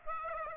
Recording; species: mosquito wingbeat signal from an infrared sensor; Aedes aegypti